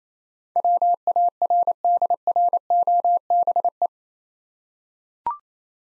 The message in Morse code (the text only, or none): WARDROBE